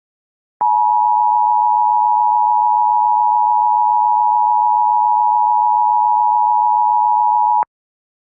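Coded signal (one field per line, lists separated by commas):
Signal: Emergency Alert System (SAME) tones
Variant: 853 and 960 Hz attention tone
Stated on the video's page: Fictional EAS scenario, a made-up alert.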